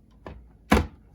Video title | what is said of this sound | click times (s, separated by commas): AeroGarden Setup - Kids Educational Series 1 [HACKS & TRICKS]. | yeah there we go pops right in beautiful | 0.7 s